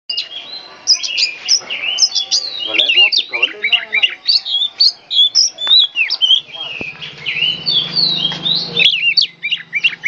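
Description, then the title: Oriental magpie-robin singing a dense, continuous stream of sweet whistles, slurred sweeps and harsher chattering notes, with a faint low hum in the background. National first-place champion songbird, described as singing loudly and persistently ('gacor'). "KACER JUARA 1 NASIONAL GACOR"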